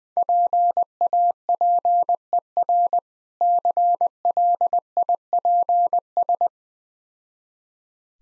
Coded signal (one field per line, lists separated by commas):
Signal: Morse code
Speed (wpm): 21 wpm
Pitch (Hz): 700 Hz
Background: none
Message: PAPER CLIPS